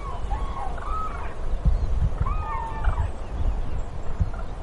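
Common crane calls, rolling bugled notes in two bursts, set over heavy low wind rumble.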